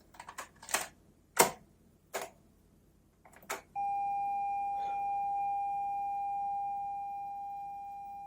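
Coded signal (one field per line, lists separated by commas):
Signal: ZX Spectrum tape loading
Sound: a few clicks and knocks, then a steady high pilot tone lasting about four seconds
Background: button clicks, room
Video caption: it actually work, that's the thing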